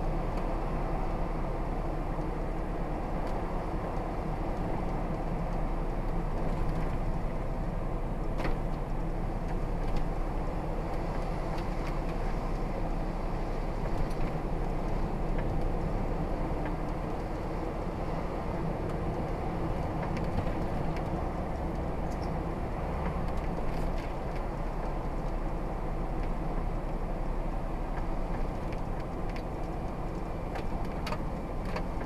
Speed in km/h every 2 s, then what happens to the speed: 44, 42, 37, 35, 40, 42, 42, 45, 47, 47, 45, 44, 42, 40, 39, 42.
0-5 slows to 35. 5-15 speeds up to 47. 15-27 slows to 39.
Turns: none.